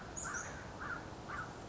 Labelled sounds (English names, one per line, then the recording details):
American Crow
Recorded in Sonoma County, California